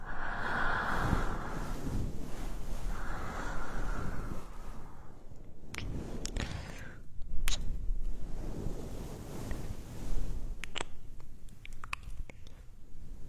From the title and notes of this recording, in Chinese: 按摩耳朵刺激大脑。